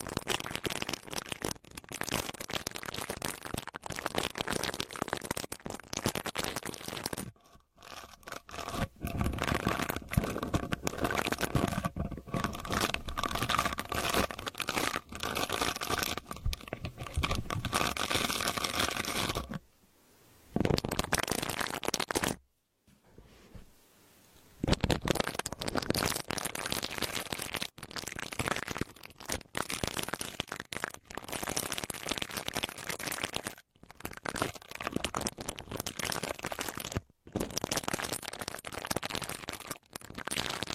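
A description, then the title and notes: Dense scraping and scratching of an earpick working inside the ear, a busy crackling rub that fills the whole range from low to bright. It runs nearly continuously, broken by brief silent pauses around 8, 20, 23 and 37 seconds. Earpick to help you remove earwax.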